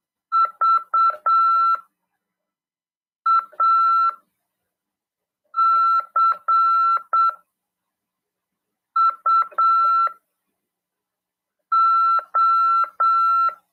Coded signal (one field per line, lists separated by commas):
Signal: Morse code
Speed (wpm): 7 wpm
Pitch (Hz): 1340 Hz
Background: none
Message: VACUO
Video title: RADIOAMADOR 2ªED 2/12/2022 "AULA 39: CW, LEGISLA e C.RODADA" FM 146.410 Mhz PY2EXU PAULO CRASP/RAF.